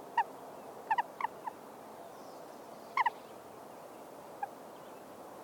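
Bird calls: a few brief, clipped clucks, some doubled, spaced irregularly over five seconds against soft background hiss.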